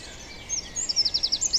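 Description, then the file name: Eurasian wren giving a quick run of high, bright, evenly spaced notes in the second half, rapid and ringing, over faint steady hiss. "Troglodytes troglodytes"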